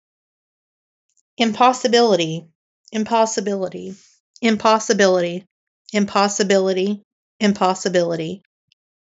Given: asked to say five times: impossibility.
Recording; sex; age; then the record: repeated word; female; 30 to 39 years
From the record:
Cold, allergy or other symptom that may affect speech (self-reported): no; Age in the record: 38 years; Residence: United States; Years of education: 14